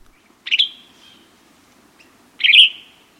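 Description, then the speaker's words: Western Tanager calls: two short, burry, high notes about two seconds apart, each trailing off briefly, over an otherwise quiet background. Call rendered tidick. "I hear, tidick, tidick. I search the cedars and hemlocks for a western tanager"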